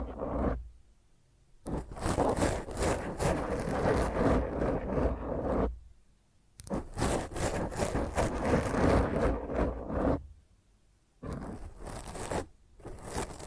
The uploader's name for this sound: Intense Rough Mic Scratch using HandNails